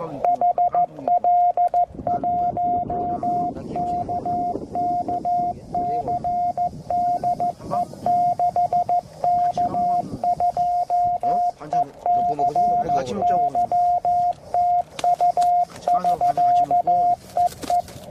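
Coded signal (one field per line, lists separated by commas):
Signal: Morse code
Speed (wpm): 14 wpm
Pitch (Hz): 690 Hz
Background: speech, radio noise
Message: HL1KKC DE 6K2ECY TU <SK> EE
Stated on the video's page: QRP CW from an FT-817 during a bicycle trip.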